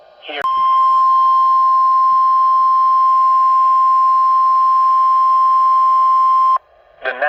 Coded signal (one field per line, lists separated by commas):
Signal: Emergency Alert System (SAME) tones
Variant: 1050 Hz attention tone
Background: speech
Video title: EAS Alerts as of 3/30/2024 (EAS #150 - 159)